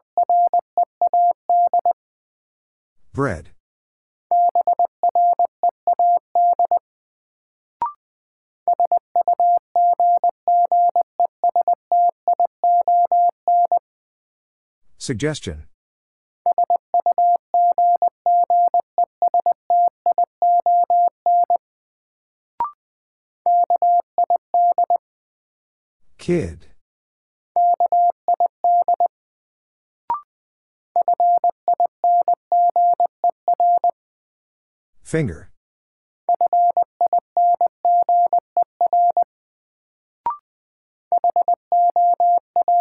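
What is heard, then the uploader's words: Morse code beeps on a single steady mid-pitched tone, keyed in rapid runs of short and long pulses grouped into bursts with brief gaps. Every ten seconds or so a sharp crackling click or pop cuts through, and faint tick marks appear between groups. First, the word is sent in Morse code. Then it is spoken. 20wpm.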